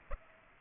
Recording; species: mosquito wingbeat signal from an infrared sensor; Aedes aegypti